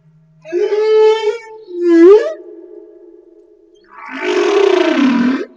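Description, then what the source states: Humpback whale song: a moaning tonal unit rich in harmonics, then a short upswept cry, a long low drone, and a broad rough groan rising and falling. Madagascar.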